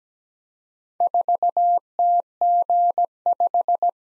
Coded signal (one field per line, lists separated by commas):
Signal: Morse code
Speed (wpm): 17 wpm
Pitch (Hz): 700 Hz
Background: none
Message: 4TG5